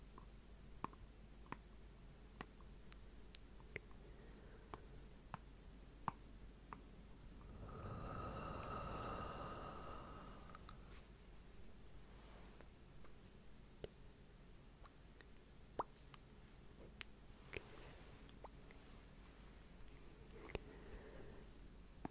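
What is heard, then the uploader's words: Slow tapping in sharp, dry clicks, spaced unevenly about once or twice a second across the whole stretch over a soft, steady hiss. Around the eighth second a single drawn-out breath swells up and fades after roughly three seconds, carrying a faint whistling edge. ASMR Slow Rhythmic Tapping & Breathing - no talking.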